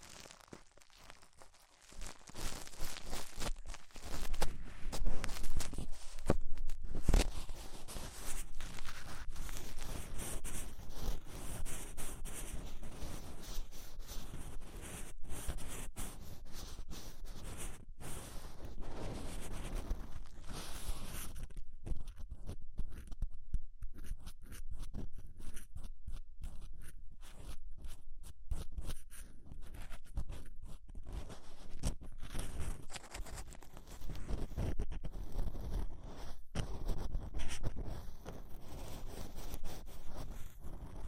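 Tingly ear cleaning with rhinestone and clay removal: after a quiet opening, dense crackly scraping and crunching starts around two seconds and continues steadily. Short sharp clicks and scratchy bursts come in quick irregular runs, with brief softer gaps near the middle.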